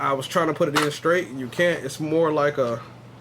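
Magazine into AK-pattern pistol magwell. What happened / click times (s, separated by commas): Magazine handled but not yet seated; no click heard / none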